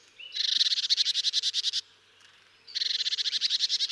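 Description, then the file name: Marsh tit calling in fast, nasal buzzy notes, one quick run, a short pause, then another run of evenly repeated harsh notes. "Poecile palustris"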